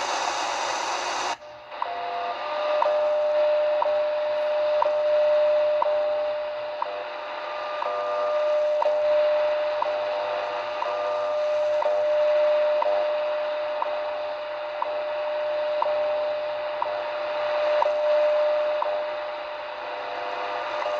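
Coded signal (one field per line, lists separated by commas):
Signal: radio time signal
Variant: WWV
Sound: steady mid-pitch tone broken by a short click each second, over hiss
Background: radio static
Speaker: nice reception of WWV on three frequencies try 25 but see it's propagation is not there for 25 megahertz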